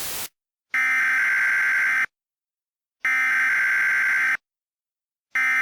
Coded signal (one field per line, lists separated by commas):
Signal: Emergency Alert System (SAME) tones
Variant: header bursts